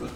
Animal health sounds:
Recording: pig call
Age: growing-finishing pig (85 days or more)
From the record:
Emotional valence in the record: positive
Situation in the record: run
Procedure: transit

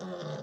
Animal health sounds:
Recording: pig call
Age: piglet (1 to 25 days)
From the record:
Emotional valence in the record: negative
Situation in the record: long isolation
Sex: female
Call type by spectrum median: low-frequency call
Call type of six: low-frequency stable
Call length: 0.43 s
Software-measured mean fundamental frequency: 85 Hz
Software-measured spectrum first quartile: 236 Hz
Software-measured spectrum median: 502 Hz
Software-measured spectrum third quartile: 965 Hz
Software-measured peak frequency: 528 Hz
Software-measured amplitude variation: 97 dB a second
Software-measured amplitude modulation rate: 21.0 a second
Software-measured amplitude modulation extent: 4.6 dB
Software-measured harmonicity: 3.6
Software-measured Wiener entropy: -0.66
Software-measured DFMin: 1436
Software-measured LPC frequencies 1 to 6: 505, 1111, 3623, 4753, 5695, 6222 Hz

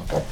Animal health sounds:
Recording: pig call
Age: piglet (1 to 25 days)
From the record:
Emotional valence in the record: positive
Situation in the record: reunion after long isolation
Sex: male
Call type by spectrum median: low-frequency call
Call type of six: low-frequency tonal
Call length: 0.32 s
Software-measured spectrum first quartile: 113 Hz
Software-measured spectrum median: 428 Hz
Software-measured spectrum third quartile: 713 Hz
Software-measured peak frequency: 506 Hz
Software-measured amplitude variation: 154 dB a second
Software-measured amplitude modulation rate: 14.2 a second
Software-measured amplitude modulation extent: 10.8 dB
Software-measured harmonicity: 2.5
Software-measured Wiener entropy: -1.03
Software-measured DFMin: 773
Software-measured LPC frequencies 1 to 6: 566, 2953, 3562, 5075, 6223, 7564 Hz

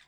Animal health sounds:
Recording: pig call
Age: piglet (1 to 25 days)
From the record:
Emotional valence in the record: positive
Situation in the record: short reunion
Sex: female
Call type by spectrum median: high-frequency call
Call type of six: low-frequency tonal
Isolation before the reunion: 3 minutes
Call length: 0.09 s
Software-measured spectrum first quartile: 1753 Hz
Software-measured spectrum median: 2720 Hz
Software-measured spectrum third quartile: 4081 Hz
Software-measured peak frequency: 1672 Hz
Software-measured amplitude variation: 111 dB a second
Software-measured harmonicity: 0.5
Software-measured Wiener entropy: -0.81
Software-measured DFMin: 554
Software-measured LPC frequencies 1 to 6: 1088, 1783, 2302, 3615, 4677, 6065 Hz

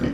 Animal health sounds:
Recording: pig call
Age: growing-finishing pig (85 days or more)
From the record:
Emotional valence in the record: negative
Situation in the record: barren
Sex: female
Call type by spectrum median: low-frequency call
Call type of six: low-frequency stable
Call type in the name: low-frequency stable, not sure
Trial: 3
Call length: 0.14 s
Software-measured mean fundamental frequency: 48 Hz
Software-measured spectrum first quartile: 208 Hz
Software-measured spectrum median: 305 Hz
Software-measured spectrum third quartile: 652 Hz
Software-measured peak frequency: 263 Hz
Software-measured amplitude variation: 127 dB a second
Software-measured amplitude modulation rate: 17.8 a second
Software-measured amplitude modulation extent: 7.1 dB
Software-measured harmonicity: 4.1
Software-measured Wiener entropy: -0.93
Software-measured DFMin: 673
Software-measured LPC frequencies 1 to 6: 326, 1695, 3044, 4652, 5938, 7310 Hz

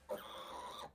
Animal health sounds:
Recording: pig call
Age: piglet (1 to 25 days)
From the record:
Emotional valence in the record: negative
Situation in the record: restrain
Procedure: back test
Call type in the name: high-frequency call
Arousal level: maximum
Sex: male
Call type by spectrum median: low-frequency call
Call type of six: high-frequency stable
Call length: 0.95 s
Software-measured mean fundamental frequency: 523 Hz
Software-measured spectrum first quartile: 697 Hz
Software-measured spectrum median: 1168 Hz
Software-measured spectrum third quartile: 3452 Hz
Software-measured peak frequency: 522 Hz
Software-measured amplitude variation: 136 dB a second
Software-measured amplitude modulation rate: 21.5 a second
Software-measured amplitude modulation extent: 6.3 dB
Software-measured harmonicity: 3.0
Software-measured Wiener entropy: -1.94

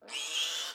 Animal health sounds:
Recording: pig call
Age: piglet (1 to 25 days)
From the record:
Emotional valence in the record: negative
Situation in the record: restrain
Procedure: in the arms of a person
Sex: female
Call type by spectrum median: high-frequency call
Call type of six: high-frequency modulated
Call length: 0.75 s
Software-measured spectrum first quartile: 2975 Hz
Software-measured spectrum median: 3659 Hz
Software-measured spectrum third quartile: 6061 Hz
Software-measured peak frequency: 3259 Hz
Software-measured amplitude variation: 93 dB a second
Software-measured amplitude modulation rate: 24.8 a second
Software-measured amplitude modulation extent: 3.8 dB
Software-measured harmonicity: 2.4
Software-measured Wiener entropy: -1.84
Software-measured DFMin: 1561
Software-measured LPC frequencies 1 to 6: 847, 1507, 3289, 5196, 5734, 6661 Hz

